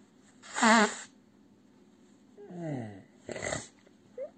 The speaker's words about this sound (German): Moment, ich muss mal ganz kurz mein Tempo suchen, hier zum Naseputzen.